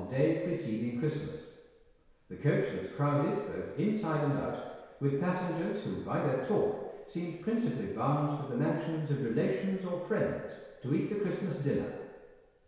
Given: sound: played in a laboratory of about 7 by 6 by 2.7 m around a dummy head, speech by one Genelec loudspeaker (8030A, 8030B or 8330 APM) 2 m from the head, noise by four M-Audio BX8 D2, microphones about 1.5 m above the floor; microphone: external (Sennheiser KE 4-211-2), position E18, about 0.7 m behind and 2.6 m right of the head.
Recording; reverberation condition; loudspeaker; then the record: male speech in English; high; 90 degrees to the right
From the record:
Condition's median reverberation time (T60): about 1300 ms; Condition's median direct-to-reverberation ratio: about -4.0 dB